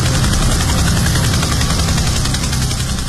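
A Z-10 helicopter flown by team captain Li Kuiyuan roars overhead at low altitude under low cloud, performing aerobatics such as loops, half-loops, rolls and diving turns, with a steady, loud rotor chop and engine drone, the low throbbing beat continuous throughout with no voices.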